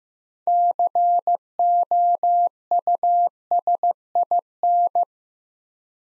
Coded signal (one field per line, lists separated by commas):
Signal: Morse code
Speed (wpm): 15 wpm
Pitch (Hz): 700 Hz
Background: none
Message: COUSIN